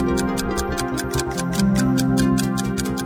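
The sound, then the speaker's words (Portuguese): Rapid, evenly spaced clock ticks, about five per second, click steadily over sustained, droning musical tones that swell slightly halfway through, as a radio station's time check. No one speaks. “Acerte o seu relógio.”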